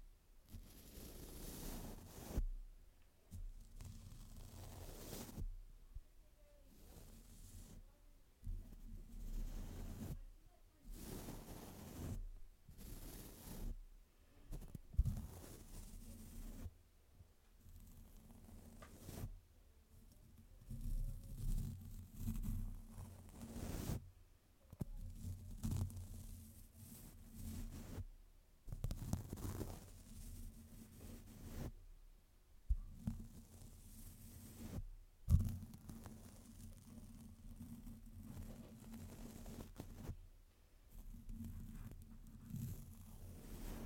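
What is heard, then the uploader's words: A microphone is brushed and rubbed in irregular bursts, each a few seconds long, with soft low thumps and scraping. Sharper scratches flare up now and then, one especially loud near the 35-second mark. A steady low hum runs underneath throughout, and there is no speech. ASMR mic brushing without any talking.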